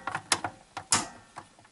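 The main circuit board of a Toshiba RT-150 stereo cassette recorder is pressed down into the plastic retaining tabs of its housing, with light plasticky ticks and creaks as it is pushed. Sharp snaps at 0.3 s and 0.9 s mark it locking into place, and the board is seated.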